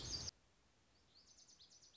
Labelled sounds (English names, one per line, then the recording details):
Lazuli Bunting
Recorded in Sonoma County, California